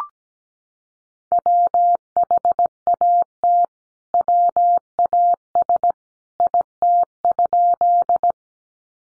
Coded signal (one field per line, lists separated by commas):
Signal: Morse code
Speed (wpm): 17 wpm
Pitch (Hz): 700 Hz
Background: none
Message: WHAT WAS IT?